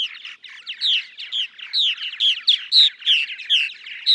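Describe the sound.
Purple martin singing a quick series of liquid chirps and gurgles without a break.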